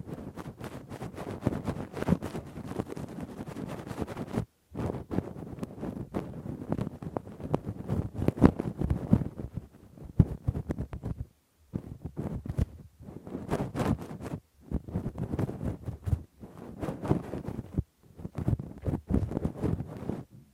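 Rough, deep ear cleaning with a Q-tip and ear pick: dense scraping and rustling, full in the low end, with sharp crackles and ticks. The scratching comes in bursts separated by brief silent breaks, near 4.5, 10, 11.5, 14.5 and 17.5 seconds.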